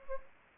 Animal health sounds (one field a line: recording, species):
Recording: mosquito wingbeat signal from an infrared sensor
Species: Anopheles gambiae